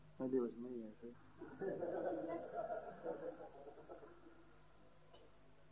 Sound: laughter

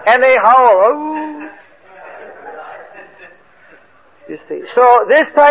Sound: devotees laugh

